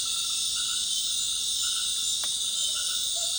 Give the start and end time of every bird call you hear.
2.41s-3.38s: Megascops choliba (0.1-1.1 kHz)

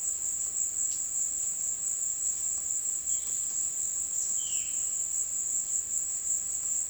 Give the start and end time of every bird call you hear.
3.11s-4.97s: Cyanocorax violaceus (1.9-4.7 kHz)

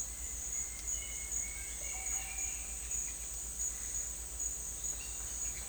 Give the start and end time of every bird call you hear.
0.44s-3.01s: Attila spadiceus (1.5-3.3 kHz)
1.74s-2.48s: Psarocolius angustifrons (0.2-1.9 kHz)

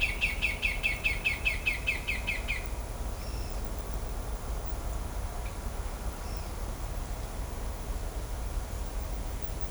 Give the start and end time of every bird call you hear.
0.00s-2.61s: Furnarius leucopus (1.4-10.3 kHz)

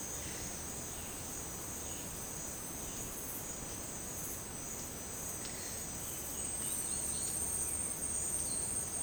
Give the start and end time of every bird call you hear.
0.14s-3.05s: Cyanocorax violaceus (1.7-3.7 kHz)
5.33s-9.03s: Arremonops conirostris (1.6-5.4 kHz)

